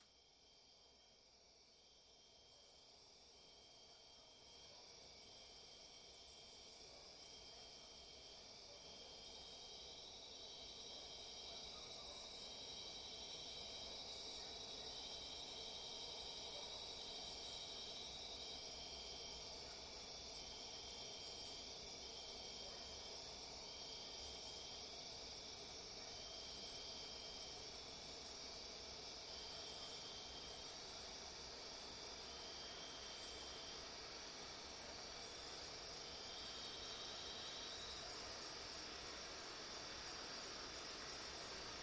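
Night sounds: a constant wash of hiss with insects chirring in regular, pulsing bursts high in pitch, repeating every second or so throughout. A few faint clicks appear early on, and around the midpoint the background grows louder and brighter, staying steady to the end.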